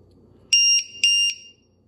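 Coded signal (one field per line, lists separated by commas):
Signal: beep code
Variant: LiPo low voltage alarm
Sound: two short piercing high beeps, each with a click at start and end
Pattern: 2 short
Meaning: Two beeps at power-on mean the alarm has turned on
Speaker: Let's try it on a 3S real quick just to see if that's the case. Oh, just 2 beeps telling you it's turned on.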